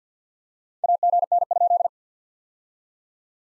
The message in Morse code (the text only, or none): AGN?